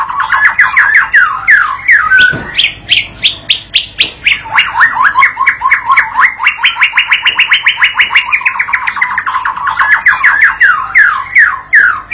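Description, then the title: White-rumped shama song: a steady fast rattle of repeated slurred notes, rising and falling in pitch, carried on for the whole stretch with brief whistled breaks. Training and lure recording for young birds learning to sing; said to provoke an immediate answering song. "MURAI BATU PAUD BELAJAR GACOR, AJARI DENGAN MASTERAN PANCINGAN INI, PANCING LANGSUNG NYAUT"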